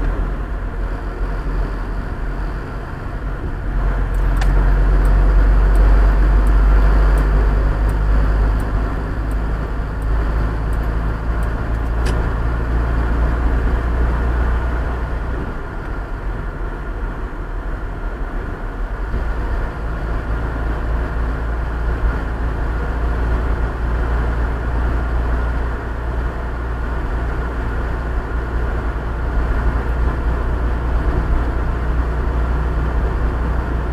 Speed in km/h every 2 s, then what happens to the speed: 40, 41, 40, 43, 47, 52, 55, 54, 53, 53, 54, 56, 55, 57, 57, 58, 59.
4-12 speeds up to 55. 12-34 steady at about 55.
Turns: none.